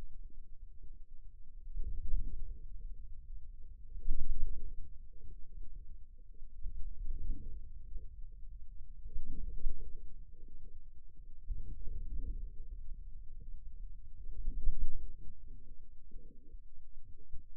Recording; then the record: forearm muscle sounds (acoustic myography)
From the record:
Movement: wrist flexion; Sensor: system 2, bracelet of six BSWA MPA416 microphones around the upper forearm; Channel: 2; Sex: male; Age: 22 years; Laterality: right